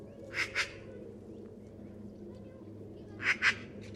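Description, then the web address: Bird calls in two quick double notes, sharp and harsh, about three seconds apart, over constant low humming background noise. Call class labelled "Pi Pi Pi Pi" in a bird-only dataset. "cianscape birddata Deverinetal"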